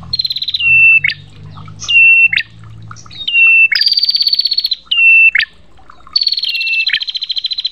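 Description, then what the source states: Prinia song: clear level whistles snapping upward at the end, mixed with rapid buzzy trilled phrases. A faint low hum sounds in the first half. Prenjak song used for bird training ('masteran' therapy).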